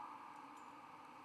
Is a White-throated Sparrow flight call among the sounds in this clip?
no